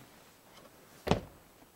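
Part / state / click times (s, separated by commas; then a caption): rear engine hatch into boat deck latch / seated / 1.1 s. The fiberglass rear engine hatch of a 2009 Sea Ray P22 Pachanga, held up by two gas support struts, is closed with one hand onto the boat deck. After a quiet lead-in, a single sharp broadband latch impact lands at 1.1 s, and the hatch locks into place. No one talks.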